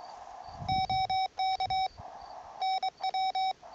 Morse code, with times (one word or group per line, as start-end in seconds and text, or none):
0.7-1.9 OK
2.6-3.5 NW